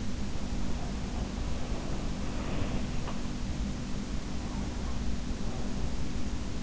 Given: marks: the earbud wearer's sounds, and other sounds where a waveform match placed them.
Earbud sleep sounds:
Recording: sounds in sleep by an in-ear microphone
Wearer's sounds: breath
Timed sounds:
1.37-3.16 s: breath

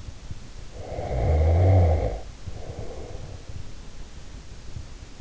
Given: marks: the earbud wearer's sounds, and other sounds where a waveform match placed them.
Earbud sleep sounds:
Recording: sounds in sleep by an in-ear microphone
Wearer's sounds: snoring breath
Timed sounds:
0.69-3.58 s: snoring breath

